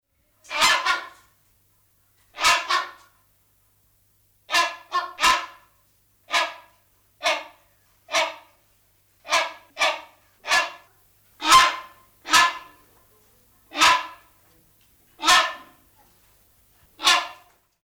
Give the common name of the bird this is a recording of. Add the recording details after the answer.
Rhinoceros Hornbill. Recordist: Tembrock, Günter. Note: Rufreihe eines Männchens